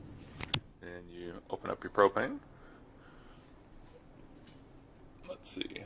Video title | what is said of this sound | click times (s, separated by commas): Champion 3400 Watt Dual Fuel RV Ready Portable Inverter Generator – Review 2021 | you go until you hear it click and you | 0.4 s, 0.5 s